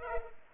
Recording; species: mosquito wingbeat signal from an infrared sensor; Culex pipiens